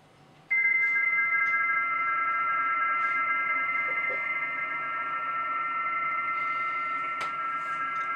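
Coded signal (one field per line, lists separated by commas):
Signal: PSK31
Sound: several steady warbling tones at once, starting suddenly after half a second, over hiss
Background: radio static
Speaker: coming back there are signal report five five nine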